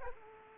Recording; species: mosquito wingbeat signal from an infrared sensor; Culex quinquefasciatus